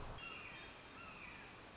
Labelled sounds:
Red-shouldered Hawk (Buteo lineatus)
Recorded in Sonoma County, California

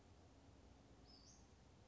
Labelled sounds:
Western Flycatcher (Empidonax difficilis)
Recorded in Sonoma County, California

